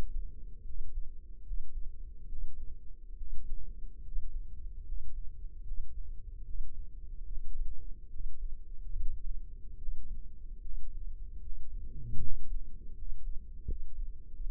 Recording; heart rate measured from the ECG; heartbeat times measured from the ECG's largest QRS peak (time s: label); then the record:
heart sounds by microphone in the left ear; 74 bpm
0.64 s: heartbeat
1.43 s: heartbeat
2.28 s: heartbeat
3.16 s: heartbeat
4.02 s: heartbeat
4.84 s: heartbeat
5.64 s: heartbeat
6.44 s: heartbeat
7.26 s: heartbeat
8.10 s: heartbeat
8.95 s: heartbeat
9.77 s: heartbeat
10.60 s: heartbeat
11.40 s: heartbeat
12.19 s: heartbeat
12.94 s: heartbeat
13.66 s: heartbeat
14.34 s: heartbeat
From the record:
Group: healthy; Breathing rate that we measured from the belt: 15 breaths a minute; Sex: male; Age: 35 years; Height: 178 cm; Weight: 64 kg